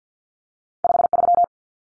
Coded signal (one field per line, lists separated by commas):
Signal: Morse code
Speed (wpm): 48 wpm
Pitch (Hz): 700 Hz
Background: none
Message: 53